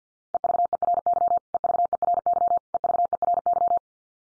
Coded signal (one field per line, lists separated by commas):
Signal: Morse code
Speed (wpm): 50 wpm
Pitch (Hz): 700 Hz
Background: none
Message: EVERY EVERY EVERY